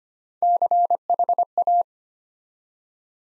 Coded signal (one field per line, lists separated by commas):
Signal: Morse code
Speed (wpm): 25 wpm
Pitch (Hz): 700 Hz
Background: none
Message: CHA